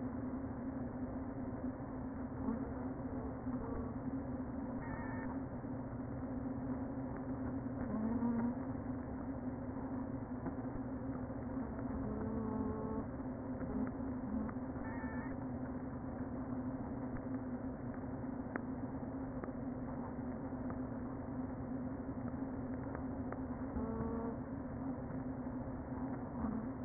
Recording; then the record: honeybee colony, microphone inside the hive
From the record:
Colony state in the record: queen present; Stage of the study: before two queens were removed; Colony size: about 60,000 bees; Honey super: yes